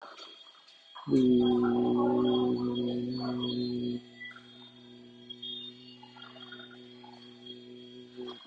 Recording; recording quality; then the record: sustained vowel as in beet; moderate, slight background noise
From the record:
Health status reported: healthy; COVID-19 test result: not tested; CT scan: not taken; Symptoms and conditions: none ticked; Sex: male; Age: 25 years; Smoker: no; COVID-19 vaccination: both doses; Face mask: worn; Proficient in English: yes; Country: India